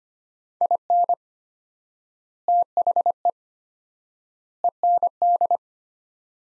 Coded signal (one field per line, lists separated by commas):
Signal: Morse code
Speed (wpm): 25 wpm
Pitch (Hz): 700 Hz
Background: none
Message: IN THE END